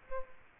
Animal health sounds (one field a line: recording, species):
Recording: mosquito wingbeat signal from an infrared sensor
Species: Aedes aegypti